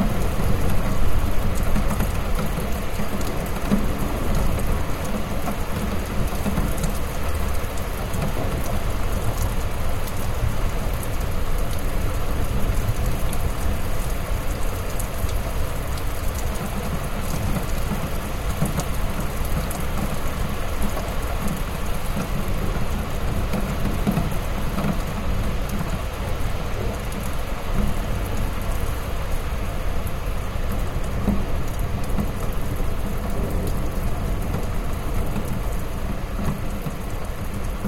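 Steady rain falls on a city street, pattering densely on a plastic canopy overhead. A deep, muffled rumble of distant thunder and street noise fills the low end throughout, with the level staying nearly constant for the whole stretch.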